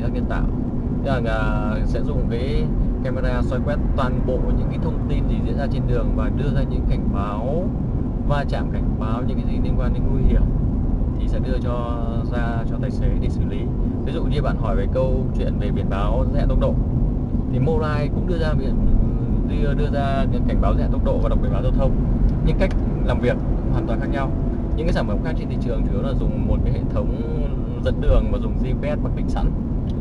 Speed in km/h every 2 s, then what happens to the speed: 50, 50, 49, 48, 47, 47, 47, 47, 47, 47, 48, 47, 47, 47, 46.
0-30 steady at about 47.